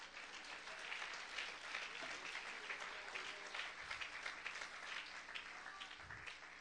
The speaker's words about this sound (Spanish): Dale un aplauso a Cristo y sigo.